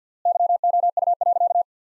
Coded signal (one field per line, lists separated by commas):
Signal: Morse code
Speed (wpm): 50 wpm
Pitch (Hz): 700 Hz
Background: none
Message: YOU.